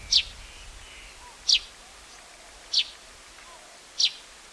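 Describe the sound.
Plain-backed sparrow repeating a high, slightly downslurred chip four times, about one every second and a quarter, over low background noise.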